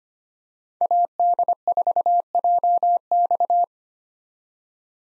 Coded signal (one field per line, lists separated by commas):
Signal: Morse code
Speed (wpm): 25 wpm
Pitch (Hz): 700 Hz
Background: none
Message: AD4JX